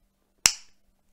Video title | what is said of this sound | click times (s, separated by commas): Cosentyx 150 - Comment faire l'injection ? | on a entendu le clac | 0.5 s